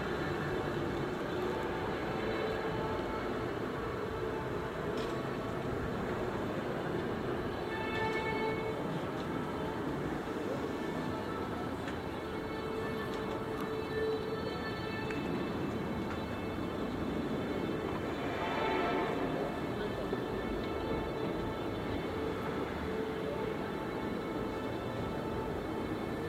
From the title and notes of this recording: En Plein Publiek #1 - Binnerotte. The four pieces are based on sound recordings of other squares in the city of Rotterdam, made during the summer of 2011.